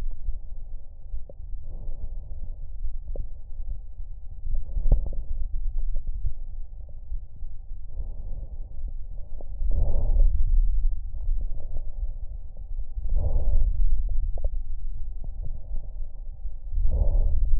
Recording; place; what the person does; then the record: lung sounds by stethoscope; left anterior apical chest; quiet breathing, then deep breathing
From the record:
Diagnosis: COPD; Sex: male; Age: 70 years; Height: 163 cm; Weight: 64.6 kg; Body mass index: 24.3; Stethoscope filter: extended mode